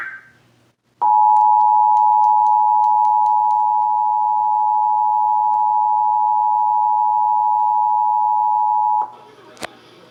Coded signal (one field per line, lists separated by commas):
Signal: Emergency Alert System (SAME) tones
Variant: 853 and 960 Hz attention tone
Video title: (EAS #555-561) January 2024 Texas Required Monthly Test